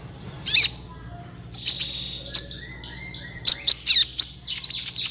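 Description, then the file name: Van Hasselt's Sunbird song: scattered high, sharp chirps in small clusters, separated by short gaps, over a faint low hum. "suara kolibri ninja"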